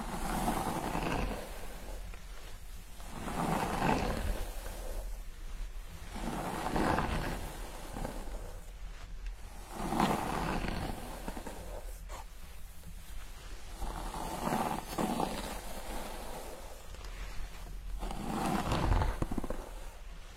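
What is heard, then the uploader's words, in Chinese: Hair washing and scalp massage: soft, rubbing swishes that swell and fade roughly every three seconds over a low, steady rumble. 沉浸式洗头体验 & 头皮按摩。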